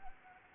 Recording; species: mosquito wingbeat signal from an infrared sensor; Anopheles arabiensis